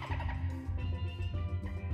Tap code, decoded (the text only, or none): none